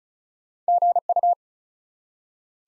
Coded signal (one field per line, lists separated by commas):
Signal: Morse code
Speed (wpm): 36 wpm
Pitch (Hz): 700 Hz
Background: none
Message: GU